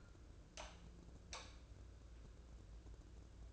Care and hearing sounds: daily activity, microphone in the room; light on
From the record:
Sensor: 2

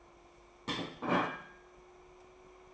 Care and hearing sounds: daily activity, microphone in the room; place plate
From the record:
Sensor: 1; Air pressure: 1004.3 hPa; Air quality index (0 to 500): 197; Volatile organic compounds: 18 ppm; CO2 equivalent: 2612 ppm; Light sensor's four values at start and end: 4/9/3/3 and 4/10/3/4

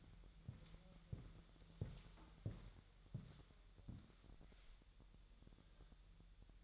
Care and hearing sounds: daily activity, microphone in the room; walk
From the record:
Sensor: 3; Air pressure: 1001.9 hPa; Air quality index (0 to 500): 244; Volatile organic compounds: 117 ppm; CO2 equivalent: 3860 ppm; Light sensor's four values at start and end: 9/21/9/9 and 9/21/9/9

